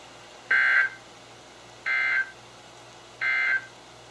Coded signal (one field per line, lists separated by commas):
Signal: Emergency Alert System (SAME) tones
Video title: EAS #1402-#1410 | KHB36, WXM42, & WNG736